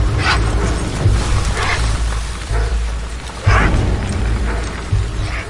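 Dog giving several single sharp barks, spaced irregularly, over a constant low rumbling hum.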